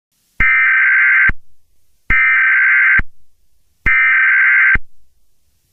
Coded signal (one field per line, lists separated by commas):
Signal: Emergency Alert System (SAME) tones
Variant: header bursts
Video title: EAS Nuke Alert Test [Reupload]